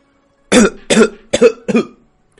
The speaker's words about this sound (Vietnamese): Ở trong lúc ho khan, hắn lại phun ra thêm một ngụm máu nữa, cả người trong nháy mắt trở nên uể oải.